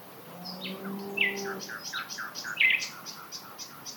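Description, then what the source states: Common Nightingale song: soft notes in a loose repeated series with sharper accents, over a low, drawn-out droning tone at the start. Two males singing about 150 metres away in scrubland at Knepp; the right bird copies the left's phrases for a few bars, then each sings its own jazz-style song.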